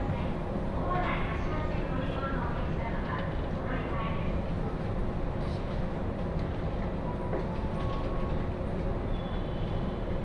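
A ride on a Joban Line train between Katsuta and Ishioka, with a steady, dense low rumble of the moving carriage running through the whole ten seconds. Murmuring voices come and go above the rumble, with faint brief squeaks and rattles scattered throughout.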